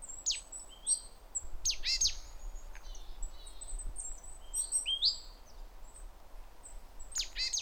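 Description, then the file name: Great tit calls: clusters of sharp, high notes sweeping steeply downward, given in several bursts with thinner twittering notes between them. "Parus major"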